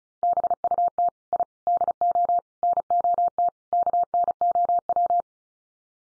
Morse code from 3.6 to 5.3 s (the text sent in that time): KNOW